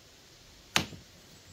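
The chain brake lever on a cleaned Poulan Pro chainsaw is pushed and gives one sharp click at 0.8 s as it engages, followed by a brief rattling tail that fades into quiet. The lever clicks into place, but the brake band does not pull in, and the spring shows damage from overheating, so the brake does not apply enough tension to stop the chain.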